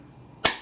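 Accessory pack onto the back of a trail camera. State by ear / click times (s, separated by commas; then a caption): seated / 0.5 s. An external battery or solar pack is lined up on the back of a SPYPOINT Link-S 3 trail camera and pushed into its latch. After a quiet stretch, a single sharp click sounds at 0.4 s, and the pack is seated solidly.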